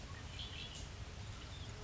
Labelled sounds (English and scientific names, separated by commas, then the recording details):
Red-winged Blackbird (Agelaius phoeniceus)
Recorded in Sonoma County, California